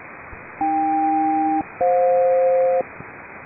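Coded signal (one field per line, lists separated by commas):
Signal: aircraft SELCAL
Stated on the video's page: HF SELCAL samples from military and civilian aircraft: USB with carrier, two pairs of tones, recorded in Fort Collins, Colorado.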